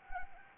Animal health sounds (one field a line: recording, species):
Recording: mosquito wingbeat signal from an infrared sensor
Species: Anopheles arabiensis